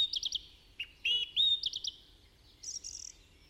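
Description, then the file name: Budgerigar chirps, quick trilled triplets of high notes, a couple of longer whistled tones, another triplet, then a raspy high burst. "Budgie Sounds"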